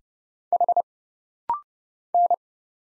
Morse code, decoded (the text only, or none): H N